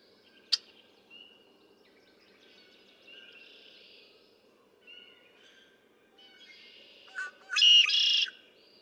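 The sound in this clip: Red-winged blackbird song near the end: short notes building into a harsh buzzy trill, preceded by a sharp click and soft background bird calls.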